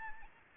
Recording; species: mosquito wingbeat signal from an infrared sensor; Anopheles arabiensis